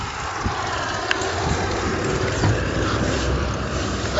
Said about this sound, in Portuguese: Nossa, agora cheguei numa rua extremamente movimentada. Tem moto, tem caminhão de cerveja, tem caminhão de tudo. É uma beleza. Eu tô tentando fugir da rua pra ir num lugar mais quieto, mas tá difícil.